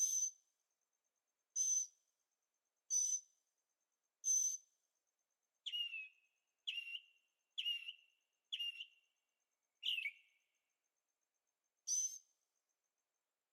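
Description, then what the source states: Bird calls: raspy high bursts at first, then lower downslurred chirps in a quicker series, returning to a harsh burst near the end. Birds singing at night in Carefree, Arizona; recorded with a Zoom H6 and stereo microphones.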